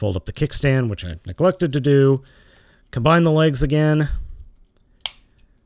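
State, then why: Seated. Someone talks while transforming a Hasbro Combiner Wars Computron robot toy, then combines its two plastic legs and presses them together. A single sharp snap at 5.1 s shows the leg halves seated into place.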